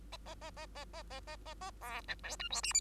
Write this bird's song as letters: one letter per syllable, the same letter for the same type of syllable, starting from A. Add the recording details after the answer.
A A A A A A A A A A B C D E F G H. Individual Bird2